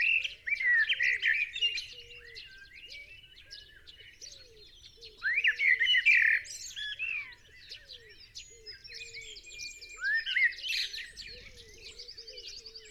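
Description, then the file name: Common blackbird delivering three warbled phrases with squeaky twittered endings; a lower, soft, repeated piping note runs steadily beneath throughout. "Turdus merula"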